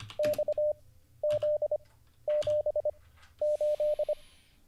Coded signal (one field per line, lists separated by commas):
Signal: Morse code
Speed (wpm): 25 wpm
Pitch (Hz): 600 Hz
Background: none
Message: XZ78